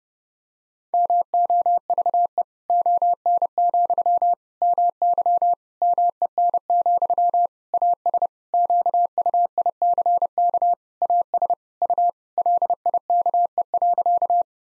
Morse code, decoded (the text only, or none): MOVE ON, MY MEN, AS QUICK AS U LIKE.